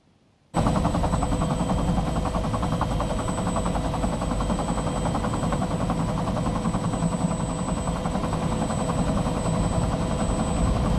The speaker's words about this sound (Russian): Над городком пролетает военный вертолет.